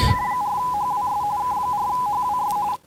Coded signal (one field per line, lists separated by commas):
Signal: RTTY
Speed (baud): 45.45 baud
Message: K4HWS K4HWS